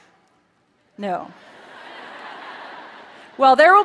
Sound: laughter

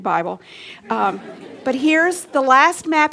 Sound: laughter

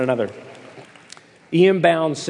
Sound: applause

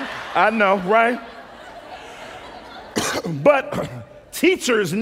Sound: laughter

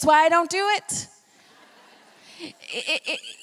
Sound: laughter

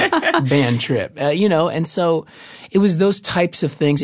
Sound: laugher

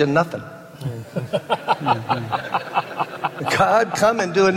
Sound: laughter

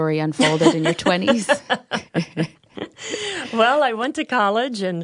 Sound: laughter

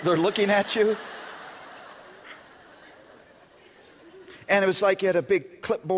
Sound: laughter

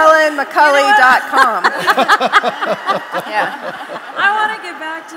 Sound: laughter

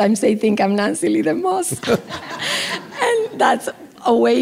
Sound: laughs

